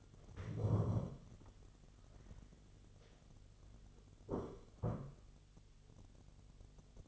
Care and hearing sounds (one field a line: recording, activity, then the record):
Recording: daily activity, microphone in the room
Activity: stand up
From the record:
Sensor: 4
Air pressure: 1016.2 hPa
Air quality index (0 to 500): 191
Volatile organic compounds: 9 ppm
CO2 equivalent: 2184 ppm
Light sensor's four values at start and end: 9/20/8/7 and 9/19/8/7